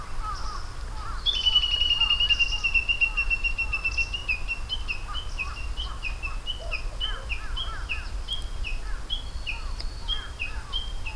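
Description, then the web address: Japanese bush warbler: a long level whistle held for about three seconds, then a rapid series of repeated falling notes, with other chirps and low rumble. "atelier sound 140324 uguisu"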